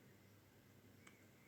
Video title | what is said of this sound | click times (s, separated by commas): என்னது 3 L cooker Free ya தராங்களா !!! - product review video #sbo #sbotvm #workfromhome #cooker | நல்லா lock ஆயிடுச்சு | 1.1 s